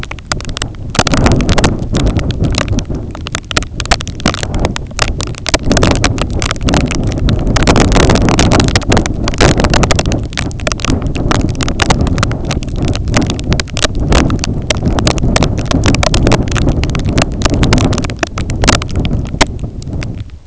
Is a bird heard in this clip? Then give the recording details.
no. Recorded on Arctic tundra, site IGLO-A, on 20 June 2018. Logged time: 21:59